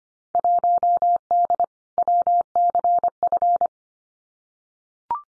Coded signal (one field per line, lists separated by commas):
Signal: Morse code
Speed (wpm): 25 wpm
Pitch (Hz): 700 Hz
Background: none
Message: 1D WCF